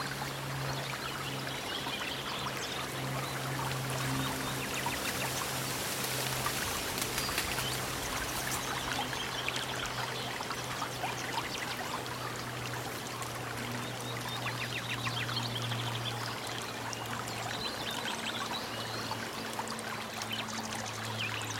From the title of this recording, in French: Forêt profonde - Eau qui court, feuilles et oiseaux